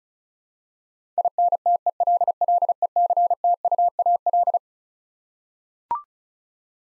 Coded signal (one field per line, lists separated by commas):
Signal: Morse code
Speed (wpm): 34 wpm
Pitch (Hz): 700 Hz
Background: none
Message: INTELLECTUAL